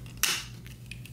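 A leg extension joint on a plastic Toyworld TW-01B Hegemon transforming robot figure is tugged outward to extend the leg. A sharp, loud click sounds at 0.2 s as the joint snaps into place, followed by a few faint ticks. The joint is seated, although the figure's left leg doesn't click into place while the right one usually does.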